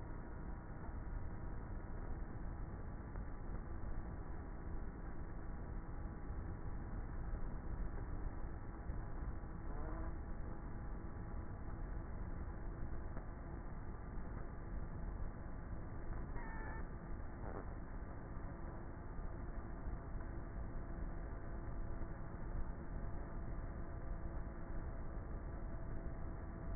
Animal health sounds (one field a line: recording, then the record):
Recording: honeybee colony, microphone inside the hive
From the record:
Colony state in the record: queenless with a low population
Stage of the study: before two queens were removed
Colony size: about 30,000 bees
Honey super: no